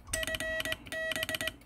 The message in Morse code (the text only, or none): FB